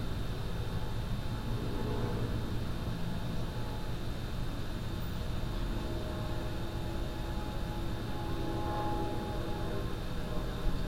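Outdoor ambience in a backyard in Boulder, CO, with a steady, even rumble of traffic or a passing vehicle filling the low end throughout. A faint tone hums along constantly, and a few brief higher sounds, perhaps birds or voices, flicker in near the end.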